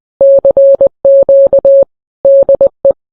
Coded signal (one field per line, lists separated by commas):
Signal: Morse code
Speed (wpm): 20 wpm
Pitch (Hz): 550 Hz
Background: none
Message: CQ DE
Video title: The first Radio Ham? Radio Experiments by Col Meade Dennis EI2B